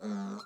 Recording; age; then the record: pig call; piglet (1 to 25 days)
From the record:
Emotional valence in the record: negative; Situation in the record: short isolation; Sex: male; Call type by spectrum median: low-frequency call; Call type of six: mixed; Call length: 0.46 s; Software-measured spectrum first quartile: 204 Hz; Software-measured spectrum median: 329 Hz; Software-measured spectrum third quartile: 1039 Hz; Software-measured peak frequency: 212 Hz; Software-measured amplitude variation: 82 dB a second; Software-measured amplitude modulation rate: 19.6 a second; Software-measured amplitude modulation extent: 4.2 dB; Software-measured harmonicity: 8.1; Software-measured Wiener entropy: -1.05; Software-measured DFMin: 1578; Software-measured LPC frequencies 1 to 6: 1294, 4145, 5266, 6133, 6791, 7733 Hz